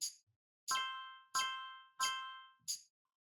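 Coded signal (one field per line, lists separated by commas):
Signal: none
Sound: game's puzzle chime beeps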